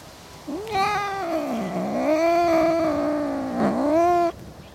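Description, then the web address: Cat caterwauling: one long wavering yowl of nearly four seconds that dips low, swells, dips again and rises at the end, over a quiet background. Several cats in a suburban garden, one close, others more distant. "BBC Cats cats-in-a-suburban-garden-one-close-perspective-others-more-distant"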